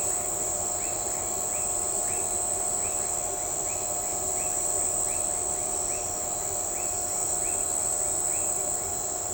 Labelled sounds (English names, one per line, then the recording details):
none
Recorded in shrubland near Pivijay, Magdalena, Colombia, on 17 April 2023 at 04:00
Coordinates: 10.453, -74.365
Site P5-G022